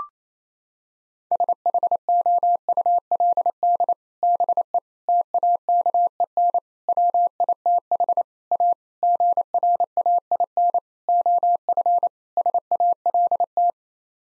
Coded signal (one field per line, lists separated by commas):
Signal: Morse code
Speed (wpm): 28 wpm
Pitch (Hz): 700 Hz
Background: none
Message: SHOULD BE TAKEN WITH A GRAIN OF SALT